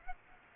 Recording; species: mosquito wingbeat signal from an infrared sensor; Aedes aegypti